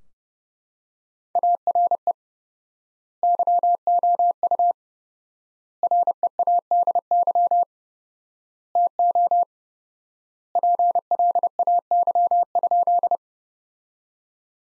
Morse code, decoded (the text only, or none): ARE YOU READY TO PLAY?